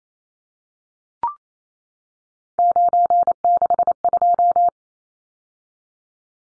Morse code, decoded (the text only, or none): 962